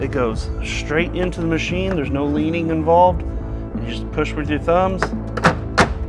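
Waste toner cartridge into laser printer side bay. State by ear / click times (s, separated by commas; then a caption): seated / 5.5 s, 5.8 s. Someone talks over background music while a plastic waste toner cartridge is pushed straight into the side bay of a Xerox VersaLink C625 laser printer with the thumbs. Two sharp thunk-like sounds at 5.5 s and 5.8 s mark the cartridge locking into place, seated flush.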